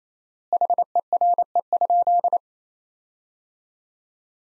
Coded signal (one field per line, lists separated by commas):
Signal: Morse code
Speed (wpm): 28 wpm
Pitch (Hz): 700 Hz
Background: none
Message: HERE?